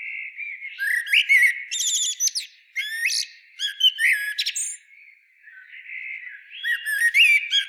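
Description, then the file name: Common blackbird song: soft fluted notes that break into busy high squeaky twittering, then a short lull and a fresh warbled phrase. "Turdus merula"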